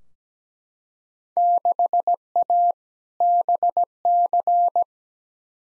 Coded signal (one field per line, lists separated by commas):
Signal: Morse code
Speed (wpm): 17 wpm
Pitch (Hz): 700 Hz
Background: none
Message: 6A BC